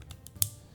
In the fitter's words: Snaps on just like that. And it locks in place and stays well.